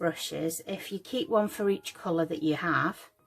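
A plastic lid is being handled onto a brush storage pot to lock a brush inside, keeping it from contaminating other brushes, while someone talks throughout. The lid has not clicked shut or seated yet by the end of the clip.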